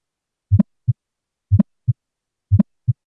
First Heart Sound plus Aortic Ejection Click.